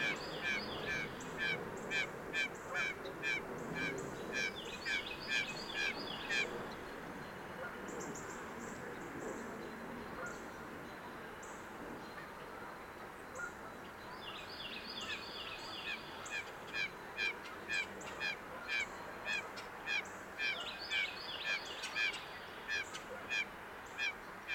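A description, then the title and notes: Agitated blue jays scold in rapid, repeated harsh bursts, falling quiet midway before resuming, while distant geese honk over a low, steady rumble. Anthropogenic noise: cars on the NPS George Washington Memorial Bridge, and an airplane. Recorded about 9AM Sunday January 10, 2016 with Fostex FR-2, Sennheiser ME 62, Telinga parabola. Agitated Blue Jays mobbing hawk. Blue Jays (you can hear at least two) were mobbing an immature Red-shouldered Hawk... scolding, hissing, etc.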